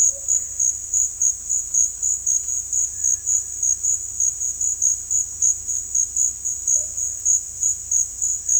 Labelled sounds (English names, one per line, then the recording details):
Russet-backed Oropendola
Cinereous Tinamou
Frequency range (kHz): Russet-backed Oropendola 0.2-1.2 kHz; Cinereous Tinamou 1.1-2.6 kHz
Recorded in dense forest near Puerto Asís, Putumayo, Colombia, on 18 December 2024 at 12:30
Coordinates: 0.486, -76.317
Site G003